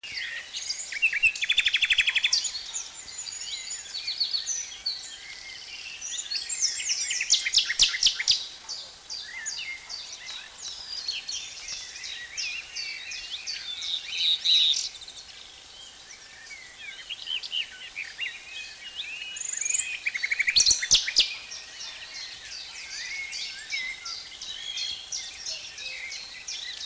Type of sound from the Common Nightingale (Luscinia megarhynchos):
song